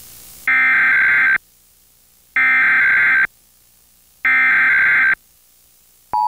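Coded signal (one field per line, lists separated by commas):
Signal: Emergency Alert System (SAME) tones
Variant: header bursts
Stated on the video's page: NOAA Weather Radio EAS tones during an apparent nationwide station maintenance period, from stations in several states.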